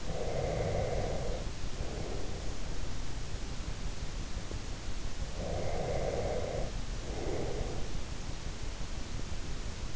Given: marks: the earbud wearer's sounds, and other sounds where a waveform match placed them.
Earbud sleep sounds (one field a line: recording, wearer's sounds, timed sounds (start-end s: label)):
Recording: sounds in sleep by an in-ear microphone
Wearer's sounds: breath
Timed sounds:
0.00-2.42 s: breath
5.19-7.82 s: breath